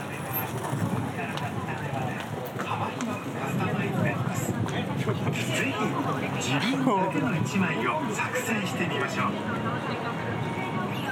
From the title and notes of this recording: 喧騒と静寂の街を歩く（Binaural）-Walk around the city. バイノーラルで街を歩いてみました。